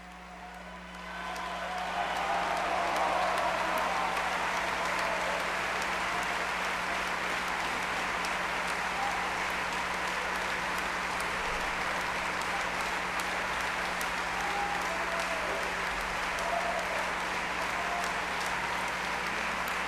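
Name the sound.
audience applause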